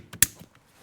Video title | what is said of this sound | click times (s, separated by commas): 2005-2012 Toyota Avalon Clockspring - Spiral Cable Replacement How To DIY | This yellow one just goes in till it clicks. | 0.2 s